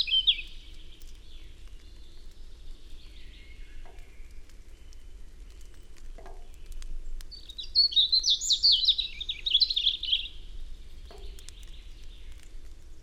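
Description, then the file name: European robin song, a short high opening phrase then a bright phrase of high fast trills and whistles midway, with soft clicks in the background. "Erithacus rubecula"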